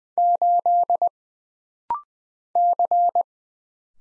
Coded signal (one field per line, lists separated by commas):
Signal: Morse code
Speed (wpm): 20 wpm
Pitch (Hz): 700 Hz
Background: none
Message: 8 C